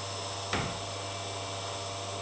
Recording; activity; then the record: daily activity, microphone in the room; vacuum cleaning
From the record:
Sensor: 3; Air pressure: 1007.7 hPa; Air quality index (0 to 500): 49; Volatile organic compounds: 1 ppm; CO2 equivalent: 576 ppm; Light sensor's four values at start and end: 9/22/9/9 and 9/22/9/9